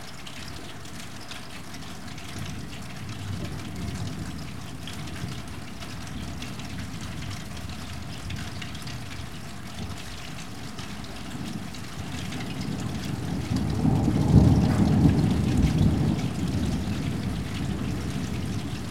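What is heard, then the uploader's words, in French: Rain falls steadily during a thunderstorm, a dense, even hiss of drops with a deep rumbling underneath. Around thirteen seconds the low rumble swells into a louder roll of thunder that peaks near fifteen seconds, then eases while the rain continues. Côté jardin puis côté fenêtre, l'eau tombe, tombe tombe et nous fait tout petit.e.s. Orage.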